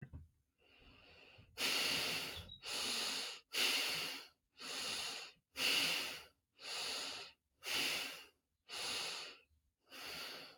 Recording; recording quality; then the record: shallow breathing; excellent, no background noise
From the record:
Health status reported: healthy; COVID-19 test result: negative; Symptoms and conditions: none ticked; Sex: male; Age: 29 years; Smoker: not ticked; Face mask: not worn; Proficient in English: yes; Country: United States